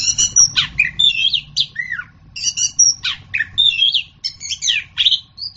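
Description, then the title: Orange-headed thrush singing a lively string of varied notes, downward-slurred whistles and buzzy chatter, fairly steady in tempo, with faint low background noise. "anis kembang"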